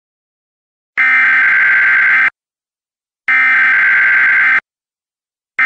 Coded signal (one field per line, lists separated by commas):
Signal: Emergency Alert System (SAME) tones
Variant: header bursts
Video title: EAS Severe Thunderstorm Warning (KY, OH, and VA Counties)